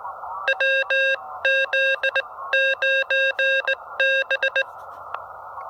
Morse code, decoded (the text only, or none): WZ9B